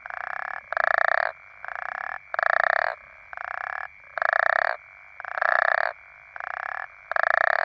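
African common toad: pulsed snoring croaks of African common toads, about ten half-second bursts alternating between a strong caller and a weaker one, steady hum underneath.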